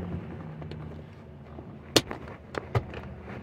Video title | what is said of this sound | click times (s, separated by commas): BMW 325 Shift Release | just snap it back in place | 2.0 s